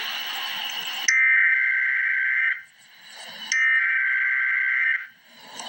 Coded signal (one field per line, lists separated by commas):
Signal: Emergency Alert System (SAME) tones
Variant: header bursts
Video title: Emergency Alert System - Severe Thunderstorm Warning - This afternoon on Mar 31, 2026